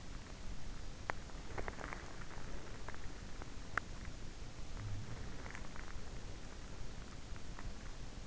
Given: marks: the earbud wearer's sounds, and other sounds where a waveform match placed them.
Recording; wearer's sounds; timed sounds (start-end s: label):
sounds in sleep by an in-ear microphone; teeth grinding
0.00-4.51 s: teeth grinding